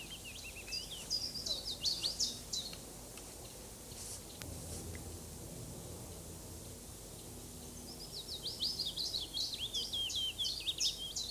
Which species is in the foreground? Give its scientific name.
Phylloscopus trochilus